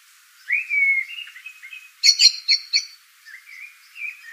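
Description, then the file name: Common blackbird: a long, smooth whistled phrase followed by a burst of high, squeaky twittering notes and a softer closing warble. "Turdus merula"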